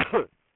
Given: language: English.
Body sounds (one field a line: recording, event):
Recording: throat vibration sensor signal played as sound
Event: cough